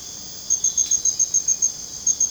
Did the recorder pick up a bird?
no